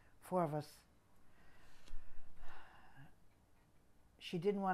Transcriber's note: she sighs